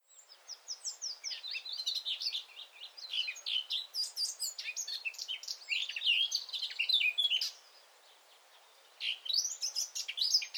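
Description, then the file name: Eurasian blackcap with a long, jumbled, scratchy warble of high notes, a brief pause, then the warbling starts again. "Sylvia atricapilla"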